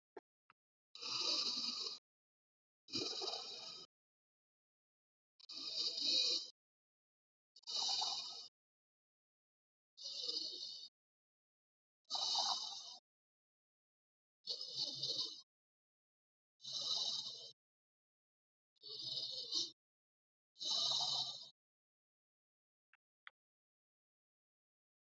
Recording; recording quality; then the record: shallow breathing; excellent, no background noise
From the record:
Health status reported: healthy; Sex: male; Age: 31 years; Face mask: not worn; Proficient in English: yes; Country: India